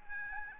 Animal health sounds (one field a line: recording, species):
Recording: mosquito wingbeat signal from an infrared sensor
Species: Aedes albopictus